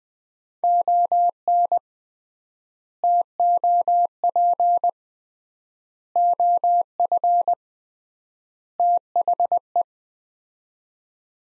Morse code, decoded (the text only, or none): ON TOP OF THE